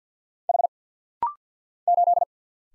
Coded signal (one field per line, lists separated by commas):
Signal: Morse code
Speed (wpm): 50 wpm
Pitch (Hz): 700 Hz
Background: none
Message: H 8